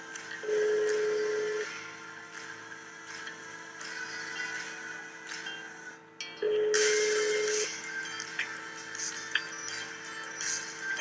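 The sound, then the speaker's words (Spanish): Two steady, low-pitched ringback tones sound over a phone line, each lasting about a second and spaced several seconds apart, against hissy background noise, with no one picking up. “Ya no contestó.”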